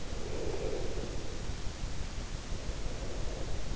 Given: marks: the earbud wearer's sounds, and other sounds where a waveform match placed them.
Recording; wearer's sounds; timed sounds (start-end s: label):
sounds in sleep by an in-ear microphone; breath
0.23-3.76 s: breath